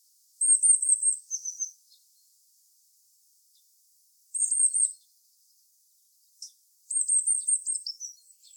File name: Cyanistes caeruleus